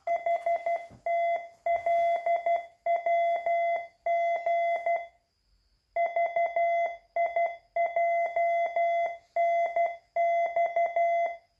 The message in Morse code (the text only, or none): HTLWG VIJNX